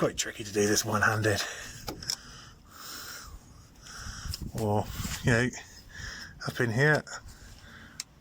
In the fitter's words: There you go, little click,